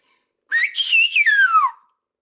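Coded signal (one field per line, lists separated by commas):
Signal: whistled language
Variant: Silbo herreño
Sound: a single gliding whistle rising, wavering high, then falling smoothly, about one second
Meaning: The whistled word means whale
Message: ballena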